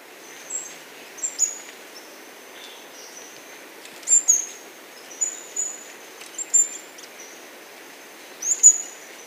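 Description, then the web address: Indigo flowerpiercer giving scattered, very high, thin chips and short twitters, spaced irregularly with quiet gaps between them. Recorded in Ecuador. "Natures Songs S America Birds of Ecuador Indigo Flowerpiercer"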